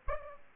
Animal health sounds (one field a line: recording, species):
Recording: mosquito wingbeat signal from an infrared sensor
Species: Aedes aegypti